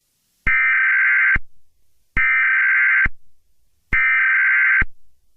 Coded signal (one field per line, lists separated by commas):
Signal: Emergency Alert System (SAME) tones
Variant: header bursts